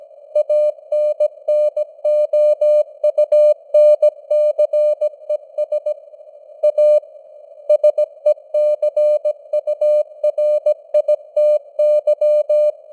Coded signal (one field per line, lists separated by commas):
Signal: Morse code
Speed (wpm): 17 wpm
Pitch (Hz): 600 Hz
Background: none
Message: ANNOUNCES A SECURITY